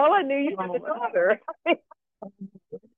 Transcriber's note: laughs